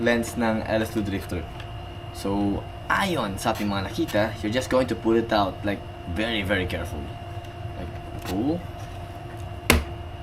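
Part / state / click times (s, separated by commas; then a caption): visor lens in a motorcycle helmet side mount / released / 9.7 s. Someone talks while carefully pulling the clear visor lens of an LS2 Drifter motorcycle helmet downward and out of its side mount. A single sharp pop sounds at 9.7 s as the lens releases from the mount.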